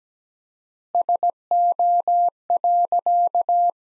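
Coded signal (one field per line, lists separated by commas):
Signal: Morse code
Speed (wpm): 17 wpm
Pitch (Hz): 700 Hz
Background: none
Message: SO.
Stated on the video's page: Morse practice sentences built from the top 300 words at 17 wpm with 4x word spacing, a word-based analogue of Farnsworth spacing.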